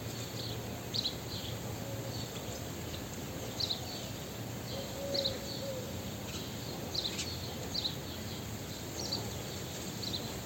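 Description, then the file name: Common blackbird calls: short, sharp high notes repeated every second or two against constant background hiss, with an occasional soft low hoot. "Turdus merula"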